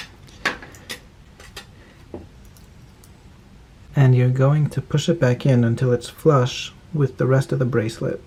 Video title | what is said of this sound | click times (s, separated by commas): Resizing Michael Kors watch DIY | push and apply pressure until it snaps back into place | 0.5 s